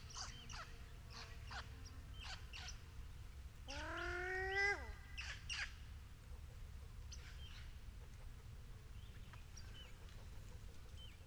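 Wood duck giving one loud, rising, squealing call with rich harmonics lasting about a second, among scattered short high chirps from other birds over a low steady rumble.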